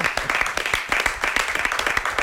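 A short burst of applause from a studio audience, dense overlapping claps forming a steady, bright patter at even loudness for a couple of seconds, with no voices standing out.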